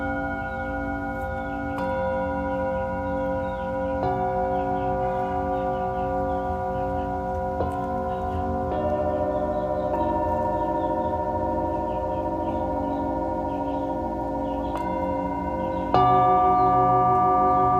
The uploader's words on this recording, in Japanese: 深夜の シンギングボウルのサウンドヒーリング。チベタンシンギングボウルのサウンドヒーリングLiveアーカイブです。